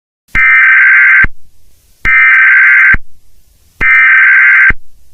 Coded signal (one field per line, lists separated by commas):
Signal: Emergency Alert System (SAME) tones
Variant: header bursts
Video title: May 24 | An EAS Scenario